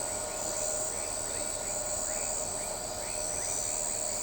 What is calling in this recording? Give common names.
none